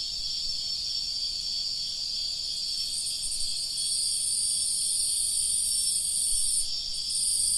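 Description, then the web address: Cricket: insect trilling, high and hissy, with several layered bands growing louder toward the end over a soft background noise. "Hoerbeispiele Grillen"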